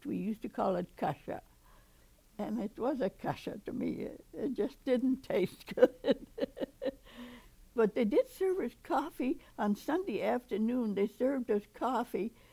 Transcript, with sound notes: We used to call it kasha. And it was a kasha to me. It just didn't taste good. [laughs] But they did serve us coffee. On Sunday afternoon they served us coffee.